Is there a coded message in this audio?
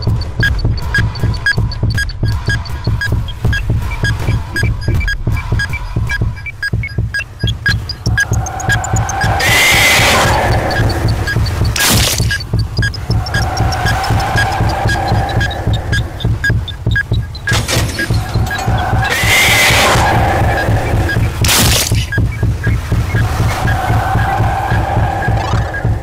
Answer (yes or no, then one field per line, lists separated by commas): no